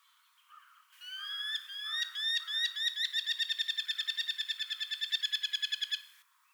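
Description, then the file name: Merlin calling a rapid series of sharp, harsh notes that start loose and speed into a steady chattering run before stopping. Recorded on 4 April 2021. "2021-04-04 Merlin"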